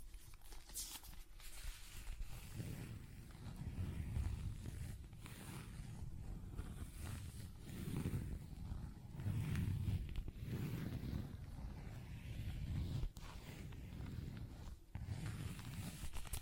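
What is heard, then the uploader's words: ASMR tapping and scratching: soft, muffled low thumps rise and fall every second or two under a steady rough rustle. A few sharp clicks break through, near the start and again around the middle and near the end, before the rubbing continues. ASMR Tapping, Scratching & Zipper Sounds.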